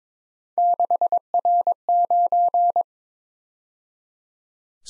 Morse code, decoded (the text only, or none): 6R9